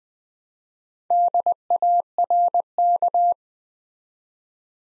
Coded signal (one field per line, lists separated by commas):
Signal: Morse code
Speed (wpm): 20 wpm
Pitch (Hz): 700 Hz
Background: none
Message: DARK